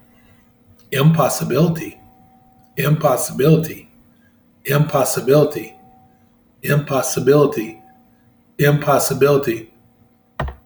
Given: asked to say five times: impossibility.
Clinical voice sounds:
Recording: repeated word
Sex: male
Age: 50 to 59 years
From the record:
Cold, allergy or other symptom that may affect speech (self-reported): no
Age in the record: 52 years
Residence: Missouri, United States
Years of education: 16

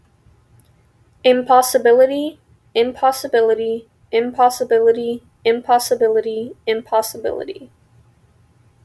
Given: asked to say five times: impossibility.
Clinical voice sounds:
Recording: repeated word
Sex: female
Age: 20 to 29 years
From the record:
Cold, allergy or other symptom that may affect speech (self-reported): no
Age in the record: 24 years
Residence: Illinois, United States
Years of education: 18

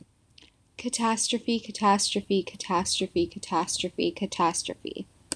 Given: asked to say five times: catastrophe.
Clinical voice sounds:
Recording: repeated word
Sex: female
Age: 20 to 29 years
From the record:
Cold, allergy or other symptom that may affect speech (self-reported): no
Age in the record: 23 years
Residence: California, United States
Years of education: 16

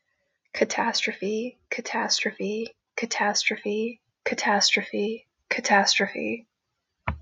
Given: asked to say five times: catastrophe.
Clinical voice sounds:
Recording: repeated word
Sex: female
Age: 20 to 29 years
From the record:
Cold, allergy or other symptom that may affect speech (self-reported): no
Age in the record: 24 years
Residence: Connecticut, United States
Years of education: 18

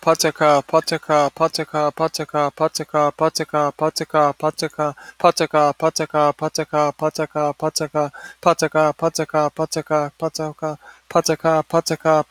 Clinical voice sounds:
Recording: repeated syllables /pa ta ka/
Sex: male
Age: 30 to 39 years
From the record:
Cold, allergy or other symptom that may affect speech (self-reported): no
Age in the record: 33 years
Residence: Florida, United States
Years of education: 14

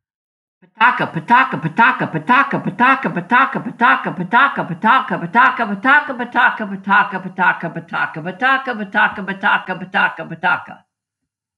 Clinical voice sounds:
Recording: repeated syllables /pa ta ka/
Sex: female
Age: 70 to 79 years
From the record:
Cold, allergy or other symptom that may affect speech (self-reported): no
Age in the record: 73 years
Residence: Texas, United States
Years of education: 20

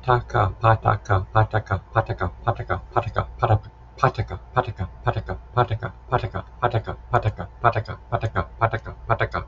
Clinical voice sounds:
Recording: repeated syllables /pa ta ka/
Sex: male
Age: 30 to 39 years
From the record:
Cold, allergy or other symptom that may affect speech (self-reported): no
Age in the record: 38 years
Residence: Oregon, United States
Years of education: 9

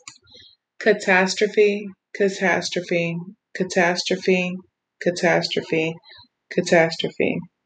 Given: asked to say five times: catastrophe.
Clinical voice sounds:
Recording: repeated word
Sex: female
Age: 20 to 29 years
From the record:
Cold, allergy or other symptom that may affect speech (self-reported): no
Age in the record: 27 years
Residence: South Carolina, United States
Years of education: 13

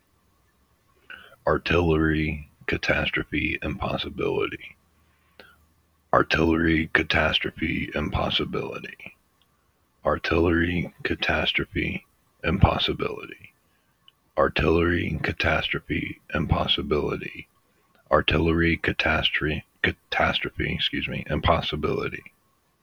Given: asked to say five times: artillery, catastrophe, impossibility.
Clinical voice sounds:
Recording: three words, each repeated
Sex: male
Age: 50 to 59 years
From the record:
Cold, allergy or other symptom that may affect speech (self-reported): no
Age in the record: 50 years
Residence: Georgia, United States

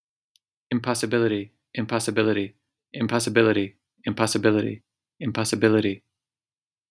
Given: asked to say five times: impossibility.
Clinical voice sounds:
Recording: repeated word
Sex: male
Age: 30 to 39 years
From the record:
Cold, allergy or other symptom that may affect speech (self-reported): no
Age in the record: 38 years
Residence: Michigan, United States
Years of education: 18

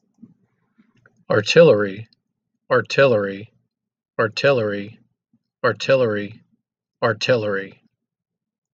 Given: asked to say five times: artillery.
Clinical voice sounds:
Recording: repeated word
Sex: male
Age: 50 to 59 years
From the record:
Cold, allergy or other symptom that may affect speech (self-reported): no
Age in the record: 58 years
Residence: Virginia, United States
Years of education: 16

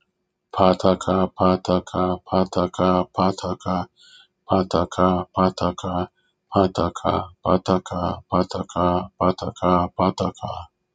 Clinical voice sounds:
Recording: repeated syllables /pa ta ka/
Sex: male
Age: 50 to 59 years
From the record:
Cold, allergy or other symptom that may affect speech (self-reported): no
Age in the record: 55 years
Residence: Florida, United States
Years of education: 14

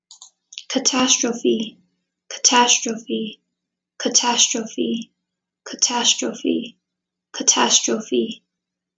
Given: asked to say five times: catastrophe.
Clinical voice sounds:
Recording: repeated word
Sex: female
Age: 18 to 19 years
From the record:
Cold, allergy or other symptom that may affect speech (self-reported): no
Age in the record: 19 years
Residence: Pennsylvania, United States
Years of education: 12

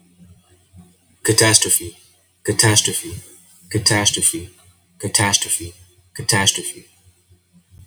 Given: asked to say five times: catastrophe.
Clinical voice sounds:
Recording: repeated word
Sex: male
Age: 20 to 29 years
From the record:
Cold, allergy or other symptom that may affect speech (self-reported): no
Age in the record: 26 years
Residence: Philippines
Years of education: 16

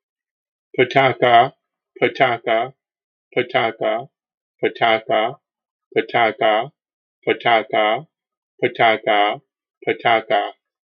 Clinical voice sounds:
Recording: repeated syllables /pa ta ka/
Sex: male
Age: 60 to 69 years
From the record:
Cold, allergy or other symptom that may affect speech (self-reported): no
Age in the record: 61 years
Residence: South Carolina, United States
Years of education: 14

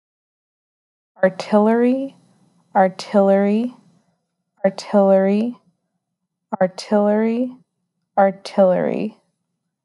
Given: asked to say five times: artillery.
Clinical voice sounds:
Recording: repeated word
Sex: female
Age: 20 to 29 years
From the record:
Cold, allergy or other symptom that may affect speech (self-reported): no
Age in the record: 21 years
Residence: Illinois, United States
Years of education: 15

